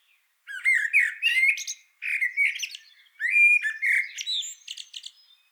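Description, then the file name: Eurasian blackbird song in three close phrases, each a rich fluted warble followed by thin squeaky flourishes. "Turdus merula"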